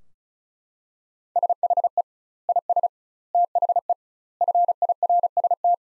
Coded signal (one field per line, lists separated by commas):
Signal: Morse code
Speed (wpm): 36 wpm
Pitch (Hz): 700 Hz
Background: none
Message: SHE IS THE FIRST